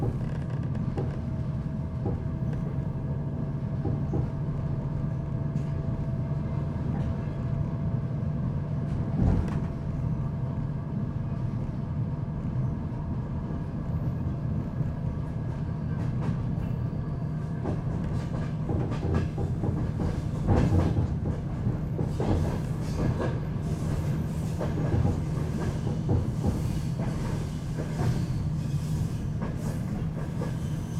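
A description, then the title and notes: An old night train rolls on with a steady low rumble and droning hum that hardly changes in level across the whole stretch. Sharp clacks and rattles break through irregularly, growing busier in the second half, with brighter metallic clatter near 9, 21 and 25 seconds. You are going to the Carpathian Mountains by an old night train.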